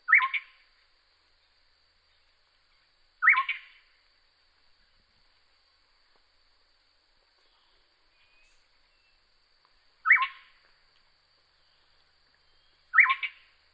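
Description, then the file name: Yellow-crowned gonolek song: four brief ringing phrases at irregular intervals, each a quick bright burst ending in a lower whistle, with a faint continuous high-pitched hum throughout. "Yellow crowned Gonolek Laniarius barbarus"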